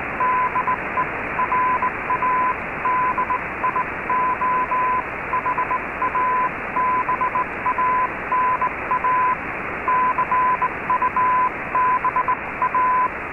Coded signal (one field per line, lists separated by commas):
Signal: Morse code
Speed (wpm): 18 wpm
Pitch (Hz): 1010 Hz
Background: radio noise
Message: DE RADIOHABANA CUBA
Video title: Radio Havana Cuba DXers Unlimited Apr 2 2019 on 15140Khz Shortwave Radio R8600